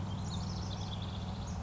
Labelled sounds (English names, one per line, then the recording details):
House Wren
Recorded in Sonoma County, California